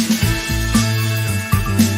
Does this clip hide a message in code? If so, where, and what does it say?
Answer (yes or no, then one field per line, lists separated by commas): no